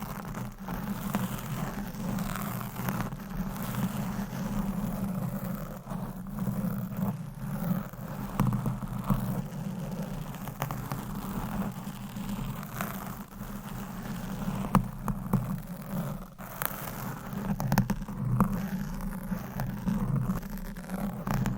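Mic scratching rubs and scrapes constantly, with a steady low hum underneath and brief sharp clicks scattered throughout, louder bursts near 15 seconds.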